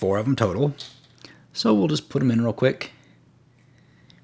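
A plastic toy missile is being handled near a launcher mount, ready to slide down into it. Someone talks through most of the clip, then faint small ticks come at about 4.1 and 4.2 seconds. Nothing has seated or clicked yet.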